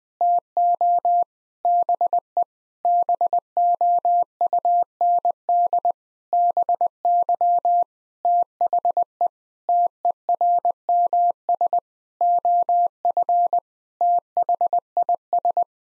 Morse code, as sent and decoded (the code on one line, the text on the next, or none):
- --- / -... . / -... --- ..- -. -.. / -... -.-- / - .... . / - . .-. -- ... / --- ..-. / - .... .. ...
TO BE BOUND BY THE TERMS OF THIS